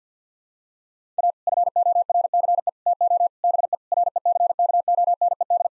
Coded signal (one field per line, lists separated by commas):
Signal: Morse code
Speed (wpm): 50 wpm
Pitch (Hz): 700 Hz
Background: none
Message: A FORCE TO BE RECKONED